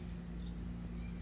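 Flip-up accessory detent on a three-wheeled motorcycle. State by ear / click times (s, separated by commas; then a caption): not seated / none. A free flip-up accessory on a Ryker three-wheeled motorcycle is being handled, with a steady low hum and tonal bands around 100–200 Hz and no sharp sounds. The accessory is meant to clip into its held position so it stays up and won't fall when bumped, but nothing has seated or clicked yet.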